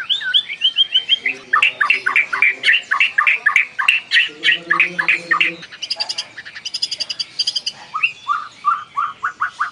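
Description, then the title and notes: White-rumped Shama song: a rich, varied run of quick whistled and rattling phrases, with a fast series of repeated slurred notes and bursts of buzzy, chattering trills. Champion songbird. "Murai batu Larwo. kicau burung jawara"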